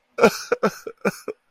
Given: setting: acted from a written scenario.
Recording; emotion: vocal sound without words; sadness